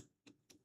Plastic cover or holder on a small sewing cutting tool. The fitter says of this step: Oh, I like how that snaps on. You hear that?